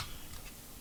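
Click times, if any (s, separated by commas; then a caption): none. A second RAM module is handled and pushed toward its motherboard DIMM slot, with only faint, steady handling noise and no sharp transients over 0.8 seconds. Nothing has seated or clicked yet.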